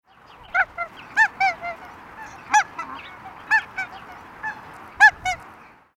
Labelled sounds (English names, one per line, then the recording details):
Canada Goose
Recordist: Tembrock, Günter
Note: zweisilbige Laute